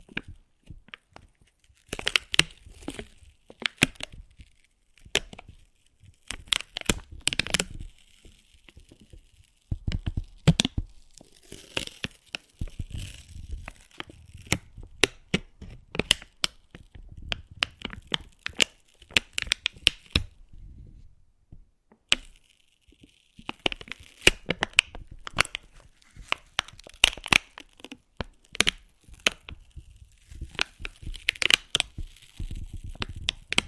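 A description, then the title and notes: Slow, gentle crinkling comes in irregular bursts of sharp crackles and rustles, some bright, some with a soft low thump. Short quiet pauses fall around 10, 18 and 22 seconds, with a faint hiss running between the crinkles. ASMR Slow & Gentle Crinkle Triggers. (No Talking).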